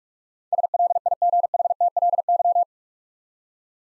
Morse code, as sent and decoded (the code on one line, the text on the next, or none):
... .-.. .. --. .... - .-.. -.--
SLIGHTLY